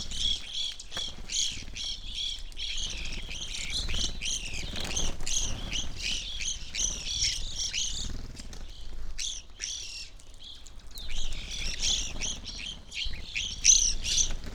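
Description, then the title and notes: Evening grosbeaks calling in a loose chorus of high, short chirps, thinning briefly midway before building again, with occasional clicks. Flock feeding on sunflower seeds at a feeder hanging in a birch tree, backyard, McCloud, Siskiyou County, California; relatively warm winter morning; two microphones on either side of the tree trunk. "I recorded this at my home in the small town of McCloud in Siskiyou County, California. It was a relatively warm winter morning, and a flock of Evening Grosbeaks was busily eating a breakfast of sunflower seeds from a feeder hanging from the branch of a birch tree in my backyard."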